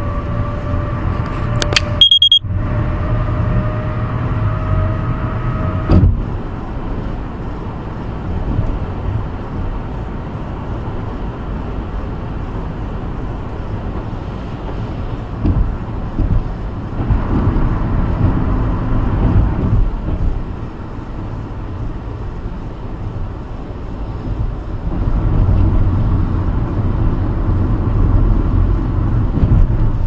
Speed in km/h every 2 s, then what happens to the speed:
79, 81, 84, 85, 87, 90, 89, 89, 82, 77, 74, 71, 69, 69, 68.
0-14 speeds up to 89. 14-19 slows to 74. 19-30 steady at about 69.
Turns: none.